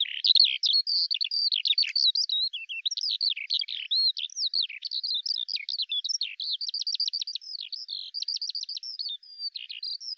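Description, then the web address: Bird song, a long, busy flow of high twitters and chirps that shifts into rapid repeated trill bursts in its second half. "Deverinetal 2025 File cleaned normalized Bird Al Ar"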